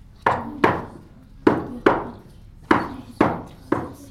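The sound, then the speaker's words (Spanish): Seven firm knocks on a wooden door of a building where nuns lived, in a deliberate pattern: two, a pause, two more, a pause, then three, each a dull resonant thud with a short decay and no voices. “En este lugar es importante cómo tocaban la puerta.”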